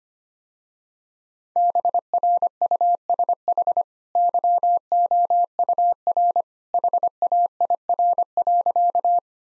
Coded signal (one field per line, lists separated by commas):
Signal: Morse code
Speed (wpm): 25 wpm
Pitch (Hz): 700 Hz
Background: none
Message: BRUSH YOUR HAIR.